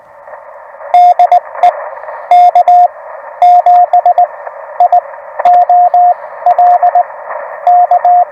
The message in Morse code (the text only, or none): DE K7IOL K